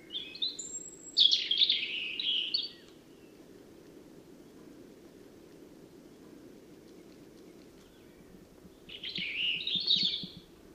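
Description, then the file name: European robin song in two phrases: a high thin whistle opening into a rich tumbling warble, a pause of roughly six seconds, then another liquid twittering phrase. "Erithacus rubecula"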